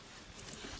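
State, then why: Not seated. A rubber spark plug boot is pushed over the spark plug terminal on a portable generator, heard as a steady low hiss with soft handling rustles and a brief sharp handling noise at about 0.4 s. Nothing has seated or clicked yet; the clip ends just before the boot goes fully home.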